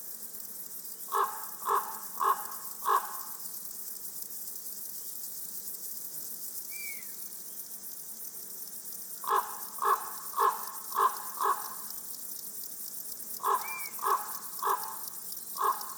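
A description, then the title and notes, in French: A crow caws in loud, evenly spaced series: four calls near the start, then five around the tenth second and four more near the end. Beneath it, a steady, dense, high buzzing chorus of grasshoppers runs unbroken throughout. Forêt de Val Drôme, lieu dit la Sarcena. Nagra seven, stereo 2xmk40. Un magnifique concert de Criquets des adrets (Chorthippus apricarius). Le corbeau et les criquets.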